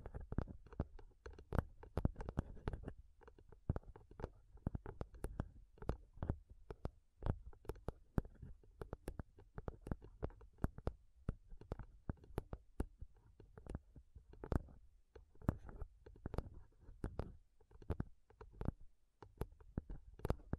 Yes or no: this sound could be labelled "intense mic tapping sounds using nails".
yes